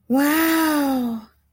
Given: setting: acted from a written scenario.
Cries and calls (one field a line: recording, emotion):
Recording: vocal sound without words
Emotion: awe